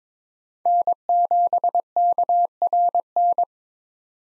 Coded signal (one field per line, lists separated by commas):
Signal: Morse code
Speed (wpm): 22 wpm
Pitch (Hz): 700 Hz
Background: none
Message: N7KRN